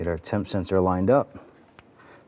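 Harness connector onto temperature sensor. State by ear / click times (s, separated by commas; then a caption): seated / 1.8 s. A plastic harness connector is pressed down onto the temperature sensor while reinstalling connectors on a 2009-2015 Honda Pilot during a variable valve timing (VVT) solenoid replacement. Someone talks, then after a faint tick at 1.7 s a sharp click at 1.8 s marks the connector seating into place.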